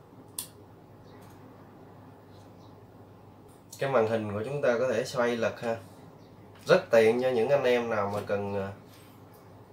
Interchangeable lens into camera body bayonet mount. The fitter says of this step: Khi nào nghe tiếng tách tức là nó đã vô.